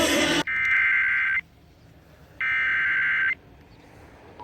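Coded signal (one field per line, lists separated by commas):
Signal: Emergency Alert System (SAME) tones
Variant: header bursts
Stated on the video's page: Severe weather EAS alerts received while traveling.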